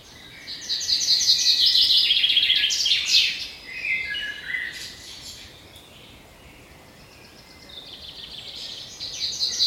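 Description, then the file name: Birds singing in a busy chorus of bright twittering and chattering phrases, loudest in the first few seconds, fading in the middle and building again at the end. "Fugle"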